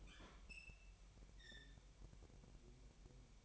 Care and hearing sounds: daily activity, microphone in the room; open fridge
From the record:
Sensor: 1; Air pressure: 1002.0 hPa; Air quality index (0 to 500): 238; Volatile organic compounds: 45 ppm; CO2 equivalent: 3219 ppm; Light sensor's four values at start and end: 8/28/10/11 and 8/28/10/11

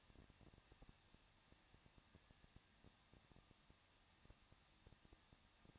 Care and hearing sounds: daily activity, microphone in the room; no activity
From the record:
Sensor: 3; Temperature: 21.2 degrees Celsius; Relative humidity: 36.2%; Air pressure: 1006.6 hPa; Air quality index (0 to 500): 220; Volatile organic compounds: 39 ppm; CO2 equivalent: 3129 ppm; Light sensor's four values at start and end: 2/3/2/2 and 2/3/2/2

